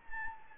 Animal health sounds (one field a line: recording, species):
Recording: mosquito wingbeat signal from an infrared sensor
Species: Anopheles gambiae